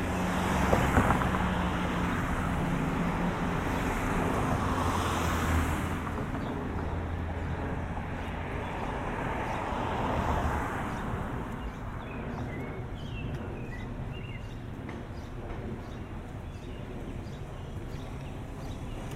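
Walking home from the mall, a steady roar of passing traffic and wind fills the air, with faint bird chirps appearing toward the end.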